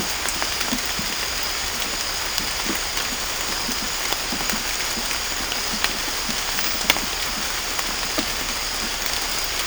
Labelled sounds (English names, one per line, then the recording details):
none
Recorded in dense forest near Puerto Asís, Putumayo, Colombia, on 18 December 2024 at 23:30
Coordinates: 0.500, -76.322
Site G053